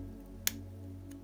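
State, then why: Partly seated. A plastic ball connector is pressed onto the ball stud of a rear arm while building a Tamiya 2021 Ford Bronco RC truck kit, giving a sharp click at 0.5 s over a steady low hum. A faint tick follows at 1.1 s. This is only the first click of a two-step fit, so the connector is partly on and still needs a second click to seat fully.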